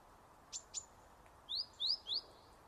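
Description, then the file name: Great tit calls: two brief high ticks, then three quick rising notes in a row, sharp and bright against a faint steady hiss. "Parus major"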